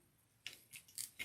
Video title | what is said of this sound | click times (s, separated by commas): DIY Easy Deco Mesh Sunflower Flower Wreath on UITC Large Board | the zip tie up till you hear that clicking sound again | 0.5 s, 1.0 s, 1.2 s